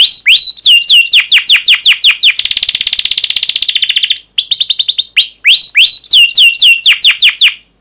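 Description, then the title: Canary song with quick falling chirps, a dense buzzing trill in the middle, then a return to separate sweeping chirps with brief pauses. Energetic, fast, dense canary song with chirping and rolling phrases, played to lure and teach young canaries to sing. "Kenari Gacor Speed RAPAT Cuit Cuit Ngero L Suara Bagus Untuk Pancingan Kenari Paud Belajar Bunyi"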